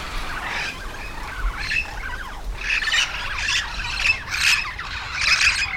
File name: yellow shouldered parrot